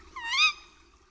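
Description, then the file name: Tawny owl giving a single harsh call that sweeps upward and then fades, rich in overtones, over a low background hum. "puszczyk"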